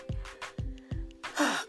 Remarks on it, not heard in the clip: With my 4-monther, he's officially 4 months now, on my chest. So if you can hear the cute little snores.